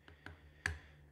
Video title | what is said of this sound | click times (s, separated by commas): How to build a SeedSigner: DIY bitcoin hardware wallet | you'll hear a few clicks to, that will tell you it's in good. | 0.1 s, 0.3 s, 0.7 s